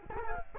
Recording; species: mosquito wingbeat signal from an infrared sensor; Culex quinquefasciatus